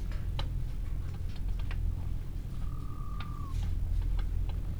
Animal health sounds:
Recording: poultry house recording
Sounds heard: healthy chickens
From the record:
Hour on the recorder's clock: 15

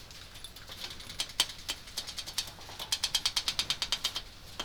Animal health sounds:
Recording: poultry house recording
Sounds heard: no chicken sound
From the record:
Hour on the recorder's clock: 19

